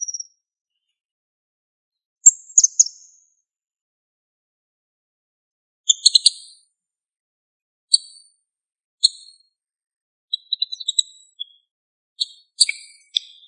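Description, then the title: Bird uttering brief high-pitched chirps and short twittering bursts separated by gaps of silence, ending in a cluster of rapid tweets. "LuckyPassaro Completos2Sama"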